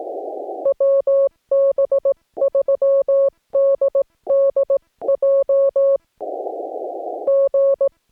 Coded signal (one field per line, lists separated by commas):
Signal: Morse code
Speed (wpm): 18 wpm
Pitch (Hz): 550 Hz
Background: none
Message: WB3DDJ G